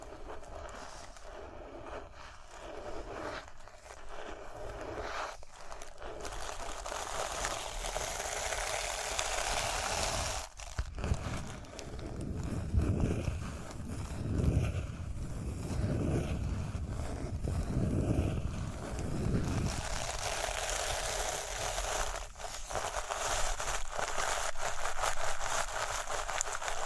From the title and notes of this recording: ASMR Relaxing Rhinestone Tapping, Scratching, Brushing (No Talking).